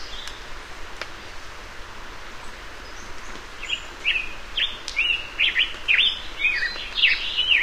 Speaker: As we climb into rolling foothills, we are serenaded by the melodic rambling song of a black-headed grosbeak.